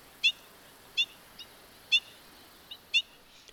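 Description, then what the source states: Bobolink flight calls: short, bright metallic notes repeated roughly once a second, with a few fainter notes between, over a soft hiss. A few overhead flight calls from an out-of-place long-distance migrant songbird in woods during late summer migration; migrates from northern grasslands and hayfields to South American grasslands and rice fields.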